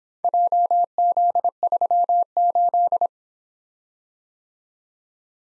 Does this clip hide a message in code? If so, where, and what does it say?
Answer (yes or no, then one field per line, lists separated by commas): yes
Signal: Morse code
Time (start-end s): 0.2-3.1 s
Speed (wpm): 26 wpm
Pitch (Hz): 700 Hz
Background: none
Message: JZ38